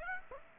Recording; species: mosquito wingbeat signal from an infrared sensor; Aedes aegypti